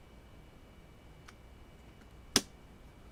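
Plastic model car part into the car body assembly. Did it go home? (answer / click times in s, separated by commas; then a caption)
yes / 2.4 s. A plastic part of an Eaglemoss Back to the Future DeLorean die-cast/plastic model kit is pressed into its mount on the car body assembly. After a faint tick at 1.3 s, a sharp, loud snap at 2.4 s shows the part seating in place, against a quiet background.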